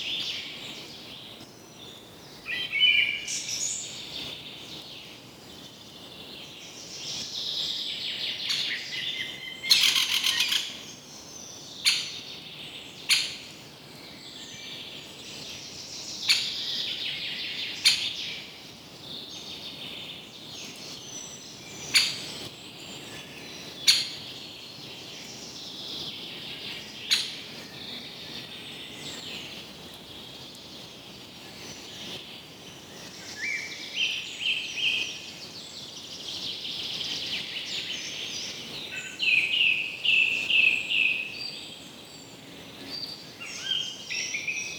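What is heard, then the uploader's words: A breezy morning in the trees, filled with a dense, continuous chorus of high bird chirps and trills that swell and thin throughout. Sharp clicks or snaps break through every few seconds, especially around ten to twenty-seven seconds, over a faint low hush. The breezy morning in the trees.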